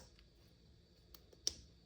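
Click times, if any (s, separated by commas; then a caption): 1.5 s. The charging cord of a Eufy SoloCam E30 outdoor camera is pushed into an extension cord connector. After a couple of faint ticks around 0.2 s and 1.1 s, a sharp snap at 1.5 s marks the plug seating fully into the connector.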